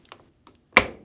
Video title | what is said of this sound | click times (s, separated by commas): How to remove a Samsung washing machine control panel part # DC97-16961A | push it until it snaps back in place with | 0.8 s